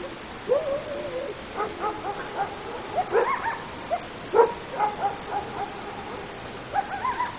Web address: coyote